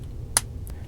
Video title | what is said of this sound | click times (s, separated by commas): Transformers War for Cybertron: Siege Leader Class ULTRA MAGNUS Review! | you're going to pull it up and click | 0.4 s